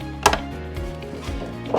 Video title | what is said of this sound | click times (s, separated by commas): 2 NOUVELLES FUNKO POP - UNBOXING FUNKO - COMMENT PROTÉGER SES FUNKO POP - #UNBOXING 2 | Ça se clipse comme ceci. | 0.3 s